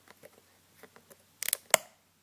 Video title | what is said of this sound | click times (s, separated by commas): Experiment #2 - Carbon Fiber HHO Electrodes In Spring Water & No Electrolyte! 12VDC @ 310mA | can hear it click and watch | 1.4 s, 1.5 s, 1.7 s